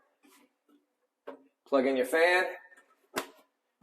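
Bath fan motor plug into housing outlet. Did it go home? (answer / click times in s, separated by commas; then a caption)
yes / 3.2 s. A bath fan motor plug is pushed into the outlet inside the fan housing while someone talks. A short, sharp click at 3.2 s marks the plug seating in the receptacle.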